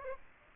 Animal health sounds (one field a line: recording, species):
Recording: mosquito wingbeat signal from an infrared sensor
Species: Aedes aegypti